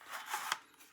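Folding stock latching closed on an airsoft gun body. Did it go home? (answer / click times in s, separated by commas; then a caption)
yes / 0.5 s. The folding stock of an FMG airsoft replica kit is folded under and the body is closed by clicking it together. A rising scrape and rustle of handling leads to a sharp click at 0.5 s, then quiet. The stock latches closed on the gun body.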